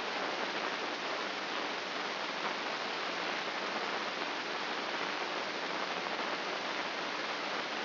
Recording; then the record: brain microelectrode recording played as sound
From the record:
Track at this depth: outside the subthalamic nucleus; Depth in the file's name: 7.228 mm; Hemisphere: left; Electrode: 3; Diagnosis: Parkinson's disease